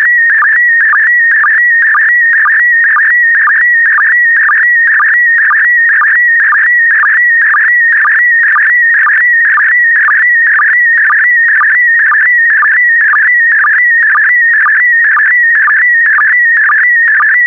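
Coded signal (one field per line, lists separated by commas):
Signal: SSTV (slow-scan television)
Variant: PD120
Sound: continuous warbling whistle around 2 kHz with regular short low chirps twice a second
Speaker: Five, four, three, two, one. Transmission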